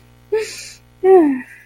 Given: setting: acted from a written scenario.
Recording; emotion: vocal sound without words; sympathy